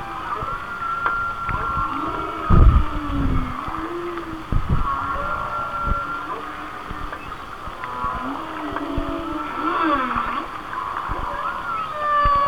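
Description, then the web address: Whale song with drawn-out tonal moans and a low looping swoop, broken by loud thumps and clicks over steady rumble. "Natures Songs Whale Songs Whale Songs"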